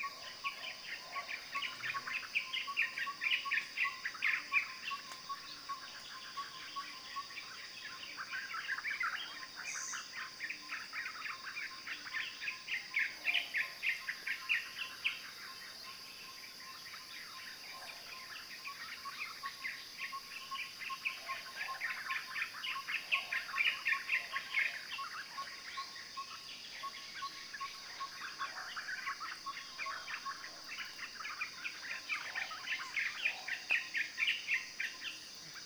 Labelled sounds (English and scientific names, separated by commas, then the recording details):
African Thrush (Turdus pelios)
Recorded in Kibale, Uganda